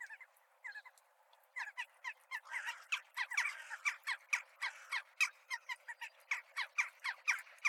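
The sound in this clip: Crows chattering busily, harsh overlapping caws and rasps building into a steady, rapid series of calls that continues to the end.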